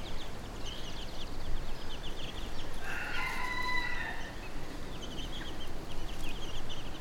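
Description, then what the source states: Chicken sounds: one drawn-out harmonic call about halfway through, faint high chick cheeps around it, and strong low-pitched background rumble throughout. Hen with her chicks, Brownsea Island.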